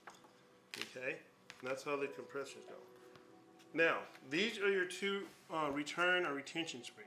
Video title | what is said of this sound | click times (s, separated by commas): How to pack Rear bearings with grease and do brake job 1st Half of Part 1 of 3 on Porsche 996 Turbo | you just push it all the way in and then push it and it'll snap into place | 0.7 s